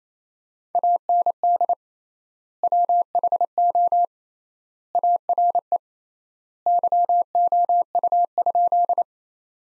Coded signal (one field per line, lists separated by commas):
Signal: Morse code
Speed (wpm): 28 wpm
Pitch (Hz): 700 Hz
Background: none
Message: AND WHO ARE YOU?